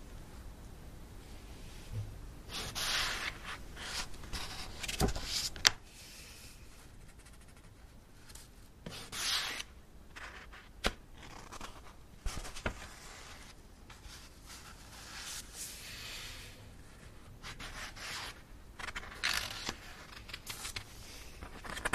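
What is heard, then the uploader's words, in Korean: Book pages being turned, with repeated dry papery swishes and rubbing every few seconds, a sharp flap near five seconds, and quiet between. 책을 넘기는 소리.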